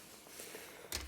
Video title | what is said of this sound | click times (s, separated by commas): How To Change The Bumpers On Your Xbox Series X Controller | should be able to hear that nice firm click | 0.9 s